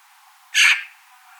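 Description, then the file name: Eurasian magpie giving a single short, harsh rasping note that fades quickly, with quiet background hiss. "Pica pica"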